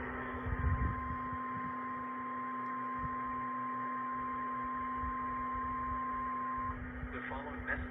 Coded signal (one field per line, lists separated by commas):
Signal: Emergency Alert System (SAME) tones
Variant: 1050 Hz attention tone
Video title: TMYKs EAS Scenario Ionized (REUPLOAD)